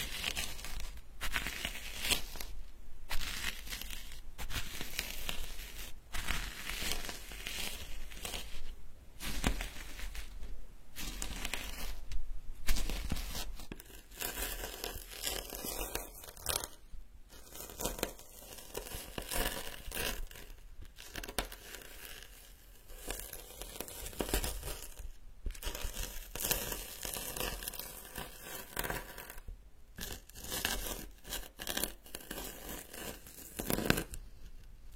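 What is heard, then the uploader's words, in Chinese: Medicinal herbs being ground, a dense, scratchy crunching and crinkling that continues throughout. The texture is busy and uneven, with frequent bright, sharp bursts and brief pauses, and a few louder crunches around the middle. 研磨药材。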